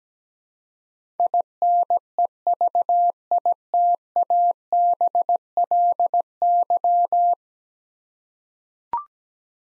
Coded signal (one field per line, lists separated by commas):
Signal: Morse code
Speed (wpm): 17 wpm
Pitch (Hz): 700 Hz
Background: none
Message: INEVITABLY